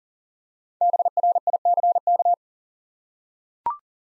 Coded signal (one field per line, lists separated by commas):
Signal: Morse code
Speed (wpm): 42 wpm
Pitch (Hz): 700 Hz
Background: none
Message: BRICK